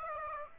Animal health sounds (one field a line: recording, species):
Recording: mosquito wingbeat signal from an infrared sensor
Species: Aedes aegypti